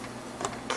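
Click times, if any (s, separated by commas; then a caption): 0.5 s, 0.7 s. A plastic port cover in the rear panel of an old Gateway Solo 9100 laptop is pried out of its snap-fit, which had held so firmly it could not be pulled out by hand. Sharp clicks are heard at 0.4 s and 0.7 s as the cover pops free of its snap, releasing one side.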